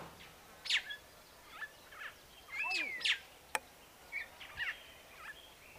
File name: Neumann's starling